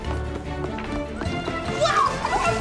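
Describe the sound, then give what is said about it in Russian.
A small dog named Sofa, loose from its leash, scampers with quick, rhythmic pattering steps, then lets out a few short, high-pitched yaps near the end over a steady background rumble. “Слышь, собаку отдай.”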